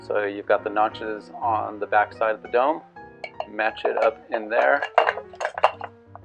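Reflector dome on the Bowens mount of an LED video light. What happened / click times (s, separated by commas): The reflector is being lined up on its mount but has not locked yet / none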